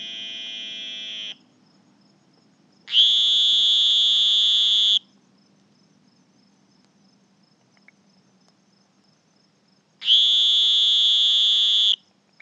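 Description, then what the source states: Sonoran green toad giving a high, buzzy, even trill; three calls of about two seconds each, the first cut off at the start, separated by silent gaps. Two toads calling (duo).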